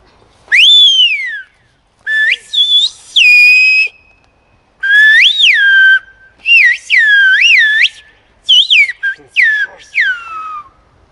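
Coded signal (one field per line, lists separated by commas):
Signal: whistled language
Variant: Aas whistled French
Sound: loud clear whistled phrases gliding up and down in pitch, about six bursts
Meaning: Hey Baptiste, bring the ewes down from the mountain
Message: oh Baptiste fait descendre les brebis de la montagne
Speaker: oh Baptiste fait descendre les brebis de la montagne donc c'est là vous pouvez l'entendre sur le net tu traduis à fur et à mesure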